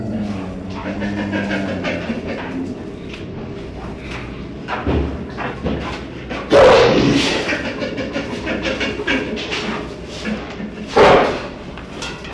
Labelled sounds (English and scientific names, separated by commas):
Sun Bear (Helarctos malayanus) call